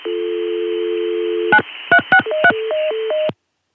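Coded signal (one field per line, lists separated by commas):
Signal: DTMF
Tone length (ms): 80 ms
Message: 9363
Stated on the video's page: Recordings of ConTelNet CCSA telephone network signalling, July 1980 and March 1981.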